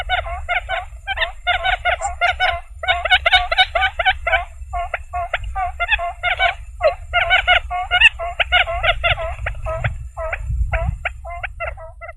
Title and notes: Suara Burung Bandel Yang Susah Mendekati. Suara Pikat Burung